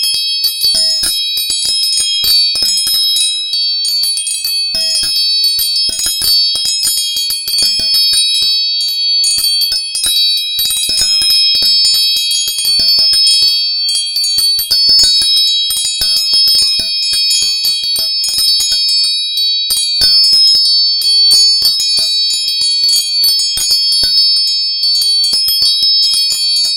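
Tuning forks ring together in a bright, shimmering stack of steady high tones that hold for the whole clip. Quick, irregular taps and strikes click underneath throughout, dense, with a soft low tone surfacing now and then.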